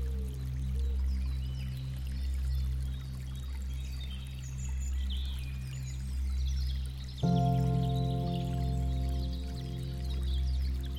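Gentle music holds a low, steady drone while birds chirp softly and often, their calls high and scattered throughout. Just after seven seconds a new ringing tone is struck, slightly louder, and it sustains to the end.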